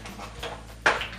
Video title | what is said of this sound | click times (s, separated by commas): Test d'un transat pour bébé Babymoov Swoon Up avec rotation du siège à 360 degrés | une fois qu'on entend le clic en appui pour le plaquer au sol | 0.9 s